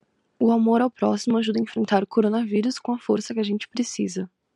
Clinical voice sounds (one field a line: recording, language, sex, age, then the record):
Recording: spoken sentence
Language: Brazilian Portuguese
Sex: female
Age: 18 to 19 years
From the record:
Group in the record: control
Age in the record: 18 years